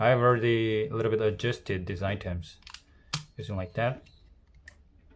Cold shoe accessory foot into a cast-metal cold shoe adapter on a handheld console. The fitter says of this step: Click sound, you can see the bearings on here. It's gonna be hold really tightly.